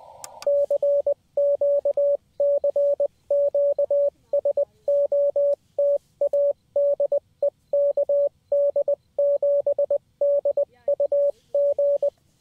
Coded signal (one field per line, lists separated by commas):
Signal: Morse code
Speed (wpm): 20 wpm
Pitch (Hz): 570 Hz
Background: radio noise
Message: CQ CQ SOTA DE KD7DUG